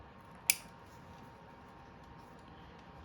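A plastic clip-in component is snapped back into its housing on a ZX6R motorcycle. A single sharp click sounds at 0.5 s over a quiet background, and the part is seated.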